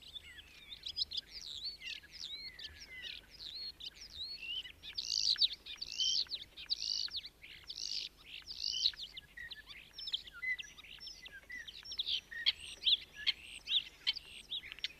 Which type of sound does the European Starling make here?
song